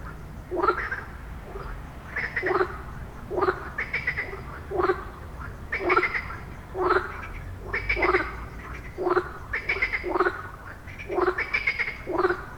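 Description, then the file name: Frog croaking in a repeated series of short, harsh calls, roughly one per second, over low background noise. "Żaba"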